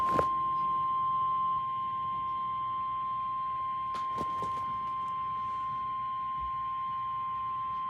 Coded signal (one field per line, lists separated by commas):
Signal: Emergency Alert System (SAME) tones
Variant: 1050 Hz attention tone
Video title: Severe Thunderstorm WARNING EAS for Litchfield CT, Berkshire MA and 3 New York Counties 5/3/25